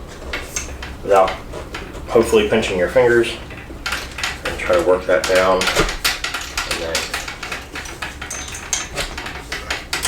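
Someone talks while working the second metal frame tube of a Spirit Halloween Pennywise animatronic down onto its leg pipe, producing a series of sharp metallic clanks and rattles. Nothing has seated or clicked into place yet.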